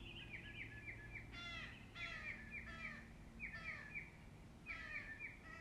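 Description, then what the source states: Birds calling with rough, cawing notes mixed with quick high chirps, in several bursts over soft background noise. Birds singing in the morning.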